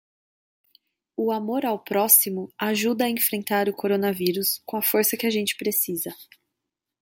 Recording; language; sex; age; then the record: spoken sentence; Brazilian Portuguese; female; 20 to 29 years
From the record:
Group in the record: control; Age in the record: 27 years